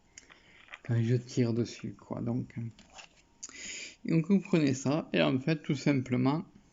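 An airflow restrictor insert is handled at the base of a Vandy Vape Kylin M tank, ready to clip onto the airflow section with nothing to screw, while someone talks throughout. A few faint, brief ticks are heard near the start and around 3.4 s. Nothing has seated or clicked yet.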